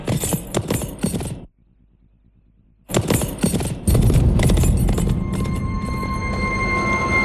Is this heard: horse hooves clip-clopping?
yes